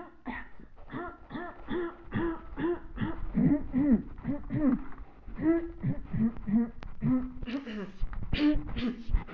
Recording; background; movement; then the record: throat clearing; quiet; walking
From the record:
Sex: female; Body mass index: 21.8 kg/m2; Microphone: on the chest, facing the body